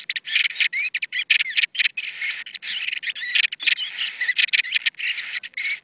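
Thrush singing a busy stream of clear whistles and warbles, short varied phrases packed closely together without pause, sound cutting in and out in brief gaps.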